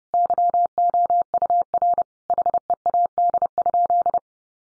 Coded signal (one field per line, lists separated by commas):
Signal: Morse code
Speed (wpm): 30 wpm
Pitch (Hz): 700 Hz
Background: none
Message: YOUR HEAD?